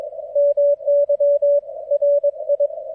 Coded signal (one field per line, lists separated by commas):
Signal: Morse code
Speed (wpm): 22 wpm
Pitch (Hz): 580 Hz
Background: none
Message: MY RI